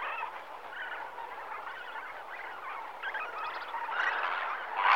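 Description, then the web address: Flamingos gabbling softly in a massed chorus, nasal chatter building and growing louder toward the end with a few clearer honks. Flamingos in the morning at Lake Nakuru, Kenya, Africa. "The BBC Sound Effects Library. Flamingoes, morning Lake Nakuru"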